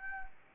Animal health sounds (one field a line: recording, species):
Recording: mosquito wingbeat signal from an infrared sensor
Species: Anopheles arabiensis